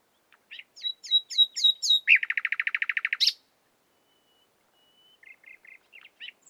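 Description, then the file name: Common nightingale phrase: descending repeated whistles, then a fast, loud, rattling trill, followed after a pause by soft, short chirps. "Luscinia megarhynchos"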